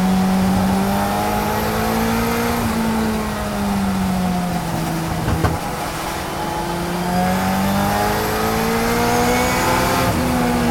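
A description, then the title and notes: In-car sound from a race car, its engine droning loud with a low tone that climbs as it accelerates, drops around three seconds as it shifts, then climbs again. A faint high whine rides above throughout, with a brief clatter near five and a half seconds. 1986 Toyota Celica IMSA GTO In-Car Audio, Monterey 2018. Captured inside a 1986 Toyota Celica IMSA GTO machine built by All American Racers. With almost 600hp on tap from the 2.1-liter four-cylinder turbo. Spools up the boost while charging around Laguna Seca during the 2018 Rolex Monterey Motorsports Reunion event.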